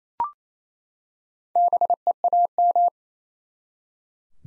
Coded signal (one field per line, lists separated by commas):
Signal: Morse code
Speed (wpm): 28 wpm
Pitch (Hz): 700 Hz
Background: none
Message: BEAM